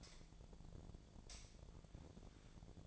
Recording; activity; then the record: daily activity, microphone in the room; light on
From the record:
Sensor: 5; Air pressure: 1009.8 hPa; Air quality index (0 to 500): 157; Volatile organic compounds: 3 ppm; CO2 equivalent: 1531 ppm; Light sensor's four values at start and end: 152/387/161/172 and 152/388/162/172